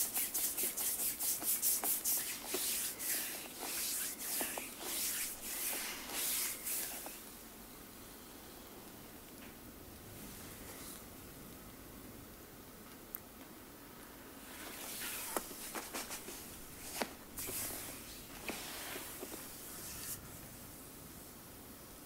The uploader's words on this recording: ASMR FULL BODY massage.